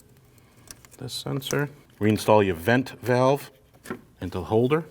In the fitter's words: Plug your sensor in here. Wait for the click.